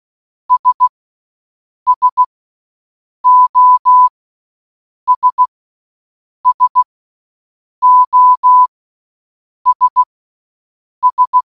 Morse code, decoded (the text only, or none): S SOS SOS S